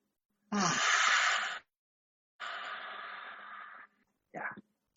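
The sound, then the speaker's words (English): A slow, airy breath drawn in during a breathing exercise, a pause, then a longer, steady breath out, followed by the brief start of another inhale. Breathy and hushed, with no talking. “So breathe in, breathe out. Breathe in.”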